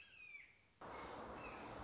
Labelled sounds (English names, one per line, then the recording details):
Red-shouldered Hawk
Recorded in Sonoma County, California